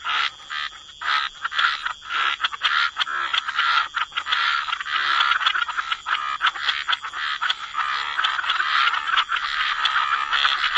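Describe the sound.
Many frogs croaking together in an unbroken, crackling chorus with rapid irregular pulses.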